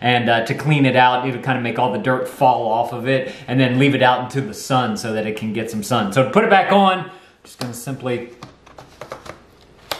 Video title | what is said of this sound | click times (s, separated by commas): BEST CORDLESS VACUUM - Dyson Total Clean V10 Cyclone Instructions & Review | we go now simple very simple it clicks into place very nice easy to use so | 9.9 s